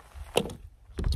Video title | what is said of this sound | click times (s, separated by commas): FORESTER style chest leather holster - FALCO Holsters | very nicely and again snaps right in with no problem again | 0.4 s